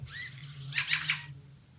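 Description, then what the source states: Fieldfare calling in flight: a rapid run of three rasping chack notes after a brief thin whistled note, low hum underneath. Call given when flying over houses; in December, as it gets colder, they move toward houses for berries; the song is a different sound.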